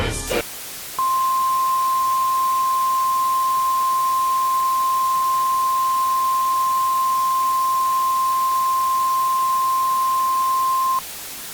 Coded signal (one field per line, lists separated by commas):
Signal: Emergency Alert System (SAME) tones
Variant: 1050 Hz attention tone